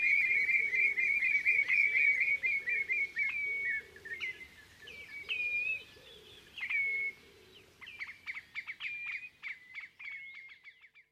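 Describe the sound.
Common Redshank giving a long run of rapid whistled notes that breaks into fluting notes and then a burst of quick piping calls; soft lower sounds run beneath the first part.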